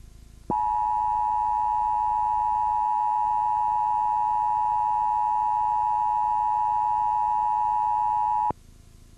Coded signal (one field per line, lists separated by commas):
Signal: Emergency Alert System (SAME) tones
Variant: 853 and 960 Hz attention tone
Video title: RARE Child Abduction EAS (2004)